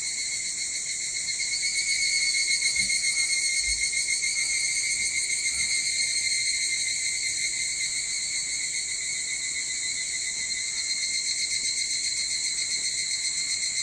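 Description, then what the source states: Evening cicada song, an unbroken high metallic buzz with subtle throbbing, swelling briefly early on; a few soft low knocks. Recorded 22 July 2023 at 04:40.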